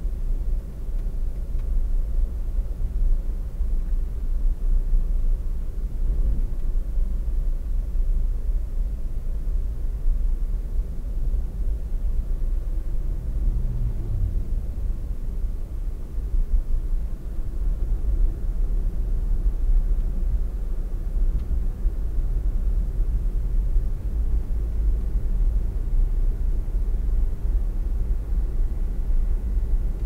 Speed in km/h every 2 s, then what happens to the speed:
56, 55, 55, 55, 54, 56, 58, 62, 63, 59, 56, 62, 66, 69, 71.
0-8 steady at about 55. 8-15 speeds up to 63. 15-20 slows to 56. 20-30 speeds up to 71.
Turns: none.